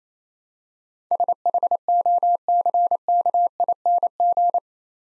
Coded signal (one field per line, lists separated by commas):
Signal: Morse code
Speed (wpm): 29 wpm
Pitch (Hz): 700 Hz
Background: none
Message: SHOCKING